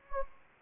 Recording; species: mosquito wingbeat signal from an infrared sensor; Anopheles gambiae